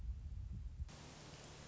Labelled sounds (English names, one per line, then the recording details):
Red-shouldered Hawk
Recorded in Sonoma County, California